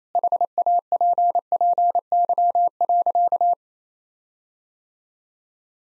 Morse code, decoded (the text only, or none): HAPPY.